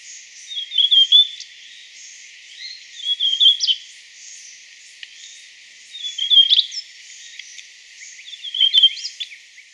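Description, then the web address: Glossy-black thrush giving short squeaky, high-pitched phrases repeated about every two and a half seconds over a faint steady hiss. Ecuador. "S America Birds of Ecuador. Glossy-Black Thrush"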